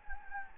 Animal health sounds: mosquito wingbeat signal from an infrared sensor; Anopheles gambiae

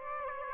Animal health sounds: mosquito wingbeat signal from an infrared sensor; Aedes aegypti

